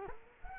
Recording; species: mosquito wingbeat signal from an infrared sensor; Culex quinquefasciatus